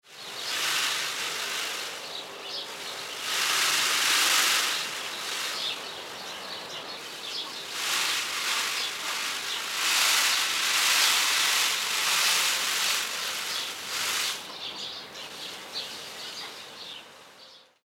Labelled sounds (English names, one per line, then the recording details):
Indian Peafowl
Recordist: Tembrock, Günter
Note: Balzgeräusche (Federrasseln)